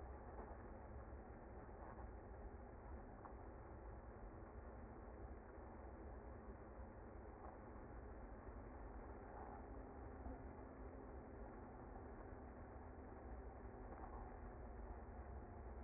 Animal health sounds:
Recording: honeybee colony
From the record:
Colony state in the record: active

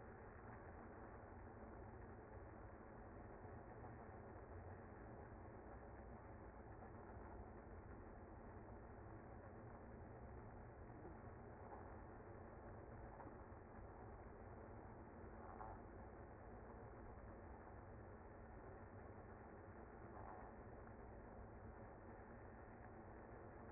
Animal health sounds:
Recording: honeybee colony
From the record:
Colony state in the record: active

